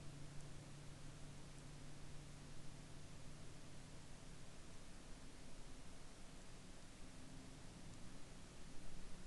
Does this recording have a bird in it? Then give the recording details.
no. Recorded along the Dalton Highway, Alaska, on 28 March 2019 at 14:21. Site 02